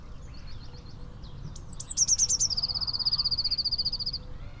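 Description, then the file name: Eurasian blue tit call: a few high notes then a fast trill of short, high, evenly repeated notes lasting about two seconds, over low background rumble. "Cyanistes caeruleus"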